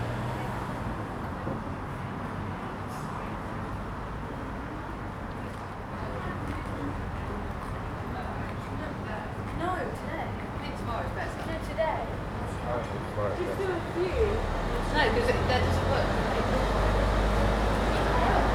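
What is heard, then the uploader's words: Street atmosphere on a narrow pavement outside a small bar, with a steady murmur of voices and chatter throughout. A low rumble of passing traffic hums underneath, growing heavier from about fourteen seconds as a vehicle approaches, while scattered clicks and footsteps punctuate the scene. Street bar. Captured on the pavement outside a small bar in a narrow street. Daylight is running out as people return home after shopping in the city. The street is decorated with Christmas lights along the length.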